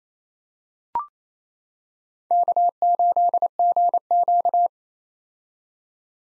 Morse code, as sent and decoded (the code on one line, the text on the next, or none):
-.- ---.. --. --.-
K8GQ